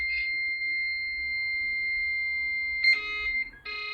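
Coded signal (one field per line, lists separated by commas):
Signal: dial-up modem handshake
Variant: 300 baud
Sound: steady high-pitched tone for about three seconds, a short buzzy burst, then tone again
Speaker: Yeah. In other words, the setup is operational. And as many times as I call, as many times should it do this.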